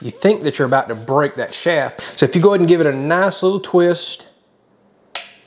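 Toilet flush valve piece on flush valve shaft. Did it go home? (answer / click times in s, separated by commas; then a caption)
released / 5.1 s. Someone talks while a plastic flush valve piece on the flush valve shaft of an American Standard Champion toilet is given a twist, and a sharp click sounds at 5.1 s. The piece's internal catches click open and it unlocks from the shaft.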